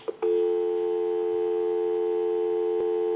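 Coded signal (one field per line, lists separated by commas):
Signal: telephone call progress tone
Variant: North America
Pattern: dial tone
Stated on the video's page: Tone on a Popeye telephone during initial checkout and repair conversion.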